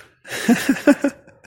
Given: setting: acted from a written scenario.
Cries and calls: vocal sound without words; amusement

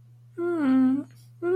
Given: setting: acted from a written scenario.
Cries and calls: vocal sound without words; fear

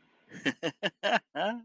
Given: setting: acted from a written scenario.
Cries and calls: vocal sound without words; amusement

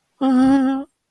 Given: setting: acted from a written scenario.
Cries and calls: vocal sound without words; sadness

